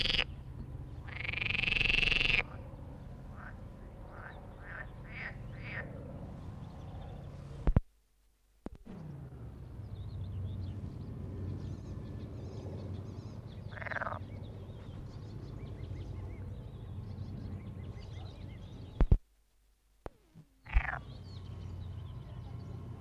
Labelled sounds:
Edible Frog (Pelophylax esculentus) call
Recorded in the wild
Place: Hohen Neuendorf, OT Borgsdorf, Brandenburg, DE
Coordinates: 52.7083, 13.275
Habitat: pond
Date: 1960-06-01 12:00
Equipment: Reporter, Vollspur
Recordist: Günther, Rainer
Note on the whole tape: Weiher an der Havel zwischen Borgsdorf und Pinnow: Quarren (diverse Lauttypen, kurze Laute "kix" beim Auftauchen), Abstand ca. 2 - 4 Meter, Aufnahmen von ca. 12 bis 23 Uhr - wohl doch nur esculenta

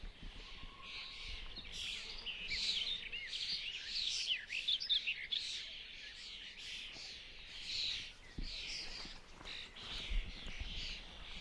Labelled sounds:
Barred Warbler (Sylvia nisoria)
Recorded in the wild
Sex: male
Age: adult
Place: Hobrechtsfelder Rieselfelder, Naturpark Barnim, Berlin, DE
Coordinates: 52.6667, 13.4706
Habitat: open landscape
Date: 2012-05-28 08:11
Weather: 20°C, sunny, almost windless
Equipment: Sound Devices 702, Sennheiser MKH 70, Rycote Windschutz
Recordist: Frommolt, Karl-Heinz

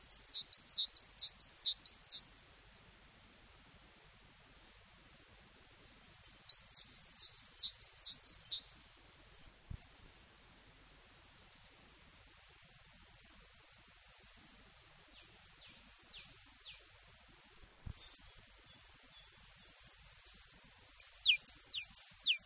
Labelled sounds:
Great Tit (Parus major) song
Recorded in the wild
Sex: male
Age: adult
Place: Gräfenberg, Bayern, DE
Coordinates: 49.665, 11.2611
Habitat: forest
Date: 1963-04-21
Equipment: Nagra, AKG D19/200, Original, Vollspur
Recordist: Tretzel, Erwin

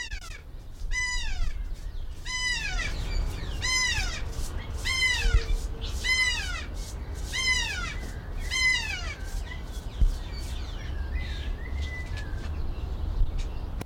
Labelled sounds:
Kea (Nestor notabilis) call
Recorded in captivity
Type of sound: call, call sequence
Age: adult
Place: Zoo Berlin, Berlin, DE
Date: 1993-01-16
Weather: heiter, 10-13°C
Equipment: Marantz CP 430, Sennheiser ME 80, Kopie Uher Variocord 263
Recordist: Tembrock, Günter
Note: Rufe (Pfleger an der Anlage), (5 m)

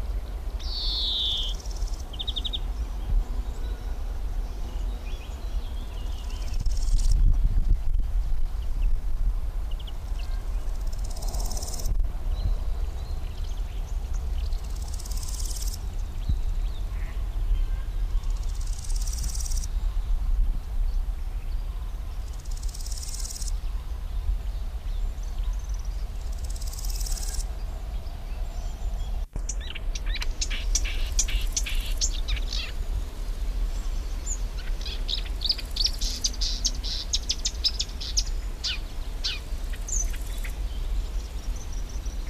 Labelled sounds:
Marsh Warbler (Acrocephalus palustris) song
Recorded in the wild
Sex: male
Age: adult
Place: Blankenfelde, Tegeler Fließ, Berlin, DE
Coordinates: 52.6372, 13.3889
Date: 1991-07-07 10:27
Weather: sunny, 28°C, wind
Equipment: Marantz, Sennheiser ME 80, Kopie Tesla B 116
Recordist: Tembrock, Günter

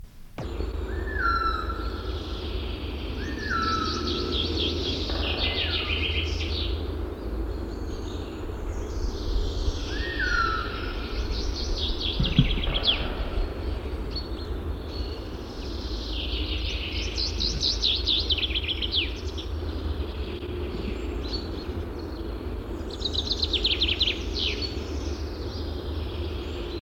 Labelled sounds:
Northern Goshawk (Accipiter gentilis) call
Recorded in the wild
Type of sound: call
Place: Ralswiek, Insel Rügen, Mecklenburg-Vorpommern, DE
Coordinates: 54.475, 13.446
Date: 1972-04-09
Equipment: Nagra III BH, Sennheiser MD 21, parabola
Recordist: Schubert, Michael
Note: Habicht im Brutrevier, Langrufe

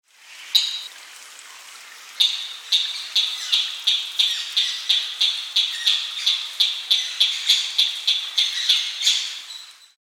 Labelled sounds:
Red-legged Crake (Rallina fasciata)
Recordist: Tembrock, Günter
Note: Rufreihen

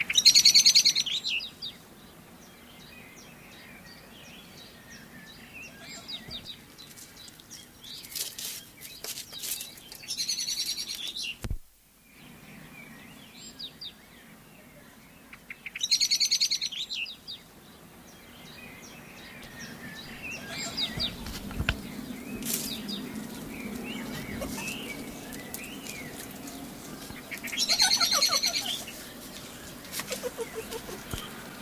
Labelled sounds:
Sand Fox (Vulpes rueppellii)
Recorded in captivity
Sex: diverse
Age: diverse
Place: Zoo Halle, Sachsen-Anhalt, DE
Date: 1983-04-09 17:41
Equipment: Nagra SN, Kopie Uher 4000 Report Monitor
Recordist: Tembrock, Günter

